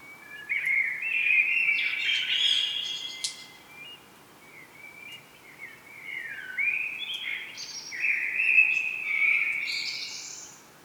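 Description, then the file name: Common blackbird song: varied mellow warbling phrases mixed with higher squeaky notes, running almost continuously with only short breaks. "Turdus merula"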